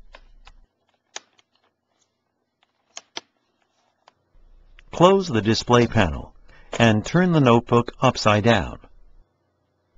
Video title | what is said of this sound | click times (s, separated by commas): Hướng dẫn thay bàn phím HP Compaq 6830S keyboard Replacement | Press along the entire length of the switch cover to snap it into place. | 1.2 s, 3.0 s, 3.2 s